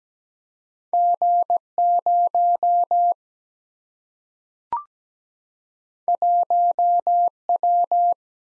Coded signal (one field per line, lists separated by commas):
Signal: Morse code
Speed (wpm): 17 wpm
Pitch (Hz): 700 Hz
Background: none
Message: G 0 1 W